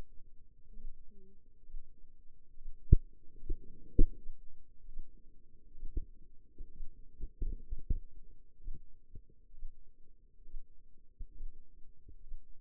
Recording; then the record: forearm muscle sounds (acoustic myography)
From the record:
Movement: rest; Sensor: system 2, bracelet of six BSWA MPA416 microphones around the upper forearm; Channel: 2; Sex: female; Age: 25 years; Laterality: right